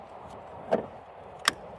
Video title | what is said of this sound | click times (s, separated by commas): How to Identify and Install/Un-install ECU/TCU/Fuel Injection Module on 2009-2014 BH Genesis Sedan | pull this down until you hear a snap just like that. | 1.5 s